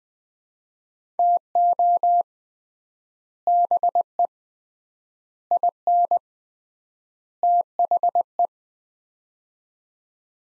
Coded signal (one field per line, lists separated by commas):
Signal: Morse code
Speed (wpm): 20 wpm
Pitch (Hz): 700 Hz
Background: none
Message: TO BE IN THE